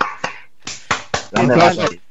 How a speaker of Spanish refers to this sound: Un aplauso. Enlatado.